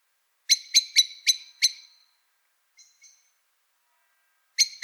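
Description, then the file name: Eurasian blackbird with five quick, sharp chink notes, a couple of faint softer notes, then another note starting at the end. "Turdus merula"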